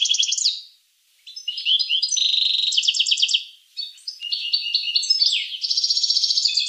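Finch singing almost continuously in high, fast trills and buzzy chattering phrases, broken by two brief pauses, with rapid repeated notes at the end and a quiet background.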